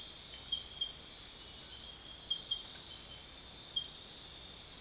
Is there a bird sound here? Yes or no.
no